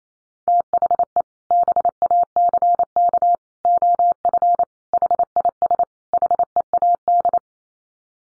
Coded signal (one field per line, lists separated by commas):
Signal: Morse code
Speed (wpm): 28 wpm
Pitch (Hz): 700 Hz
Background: none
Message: THE BACK OF HIS HEAD